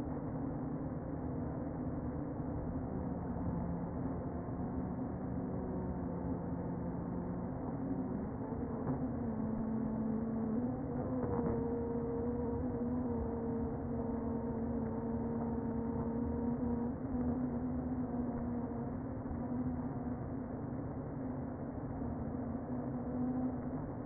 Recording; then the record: honeybee colony, microphone inside the hive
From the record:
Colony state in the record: queen present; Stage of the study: before two queens were removed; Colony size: about 60,000 bees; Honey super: yes